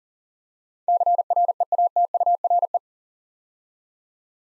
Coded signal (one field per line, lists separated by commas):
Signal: Morse code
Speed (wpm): 42 wpm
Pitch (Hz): 700 Hz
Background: none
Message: CREATURE